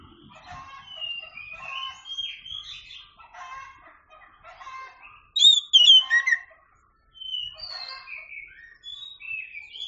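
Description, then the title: Oriental magpie-robin song: soft, varied chattering and warbled phrases throughout, broken midway by a short run of loud, piercing whistled notes, then more quiet twittering. Champion singing bird. "Kicau Burung Kacer Juara"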